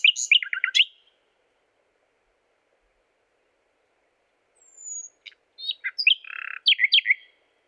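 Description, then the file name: Common nightingale singing a quick rattling phrase, then a long silence, followed by a thin falling whistle and a jumble of varied chirps and buzzy notes. "Luscinia megarhynchos"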